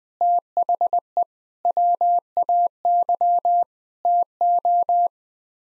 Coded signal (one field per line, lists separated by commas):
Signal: Morse code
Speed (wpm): 20 wpm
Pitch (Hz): 700 Hz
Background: none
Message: THE WAY TO